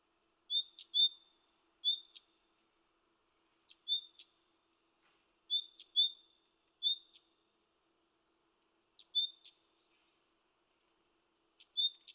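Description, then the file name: Great tit calls: paired high, thin notes with sharp flicks, repeated with short pauses. "Parus major"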